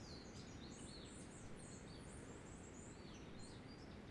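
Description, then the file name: Birds singing, a busy chorus of high chirps and short sweeping whistles filling the whole stretch, with constant low background noise beneath. Birdsong along a footpath trail at Quebrada La Vieja. "Quebrada La Vieja - Canto de aves en sendero peatonal"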